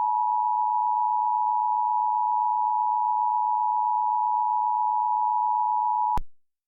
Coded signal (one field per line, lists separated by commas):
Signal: Emergency Alert System (SAME) tones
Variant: 853 and 960 Hz attention tone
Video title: A quite infamous TOR - EAS Recreation